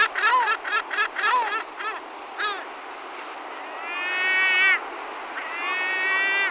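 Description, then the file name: Lesser black-backed gull calls, quick choppy yelps followed by two long drawn-out wailing notes over a steady background hiss. "Racek zlutonohy Larus fuscus"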